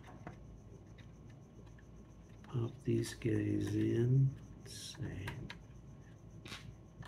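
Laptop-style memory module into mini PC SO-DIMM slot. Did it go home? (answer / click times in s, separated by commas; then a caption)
no / none. Someone talks while handling DDR3 SO-DIMM laptop-style memory modules for the memory slot of an HP EliteDesk 800 G1 Mini PC, with a few small taps and rustles along the way. The modules are not pushed in yet, and nothing has seated or clicked.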